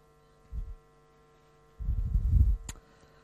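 A brief low thump is followed after a pause by a longer, louder low rumbling sound, over a steady electrical hum. This is aortic regurgitation in an adult: a diastolic murmur with a quiet aortic closure sound, from blood leaking back through the aortic valve.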